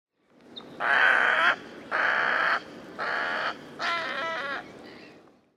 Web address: white faced heron call